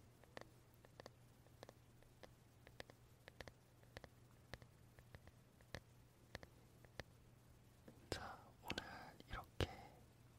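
A wooden brush taps lightly in small irregular clicks over a low steady hum, then scrapes and knocks more busily near the end.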